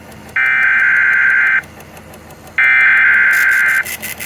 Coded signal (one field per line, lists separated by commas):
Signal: Emergency Alert System (SAME) tones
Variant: header bursts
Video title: NATIONAL EAS TEST 2023... || EAS Alerts from October 2023 (EAS #2,185-2,215)